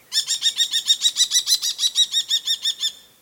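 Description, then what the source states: Common Kestrel giving a rapid, even run of loud, shrill 'kee' notes. Call compared with the Eurasian hobby's.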